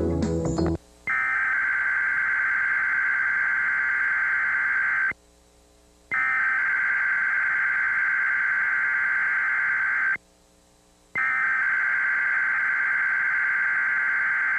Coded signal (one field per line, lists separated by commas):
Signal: Emergency Alert System (SAME) tones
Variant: header bursts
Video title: WBNX Emergency Alert System (Required Weekly Test) | September 6, 2001